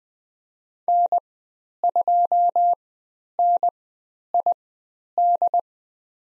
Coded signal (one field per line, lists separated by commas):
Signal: Morse code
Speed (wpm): 20 wpm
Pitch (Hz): 700 Hz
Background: none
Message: N2NID